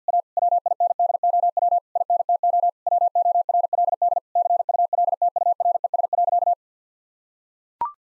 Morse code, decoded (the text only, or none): A WINDOW INTO WORLD CULTURES.